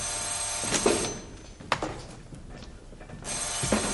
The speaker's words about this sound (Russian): Мужчины! Вы что, не слышите, что телефон звонит? Я на галерее, и то услыхала.